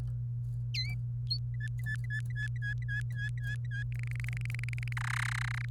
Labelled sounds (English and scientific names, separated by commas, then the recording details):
Domestic Canary (Serinus canaria) song
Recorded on 28 April 2018 at 07:25
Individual llb3